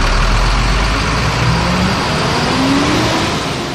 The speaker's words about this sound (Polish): Badamy pojazdy, których układ wydechowy nie pracuje poprawnie. Polega to na nadmiernej emisji spalin z układu wydechowego. Jest to dymomierz DS2, który po prostu na biegu jałowym pojazd kilkukrotnie gazuje.